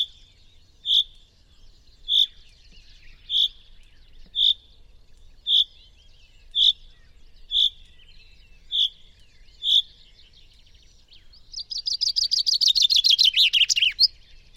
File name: Fringilla coelebs